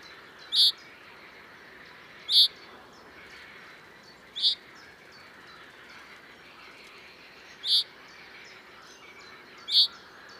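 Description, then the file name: Common chaffinch repeating a single sharp, high note five times at uneven intervals of roughly two to three seconds, with quiet background noise throughout. "Fringilla coelebs"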